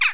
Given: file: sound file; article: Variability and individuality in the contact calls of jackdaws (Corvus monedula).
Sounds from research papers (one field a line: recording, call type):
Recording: jackdaw call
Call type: harmonic